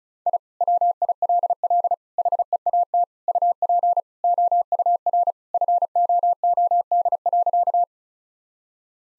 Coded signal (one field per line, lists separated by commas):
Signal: Morse code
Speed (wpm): 34 wpm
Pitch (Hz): 700 Hz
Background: none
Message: I WILL HEAT UP OUR FOOD.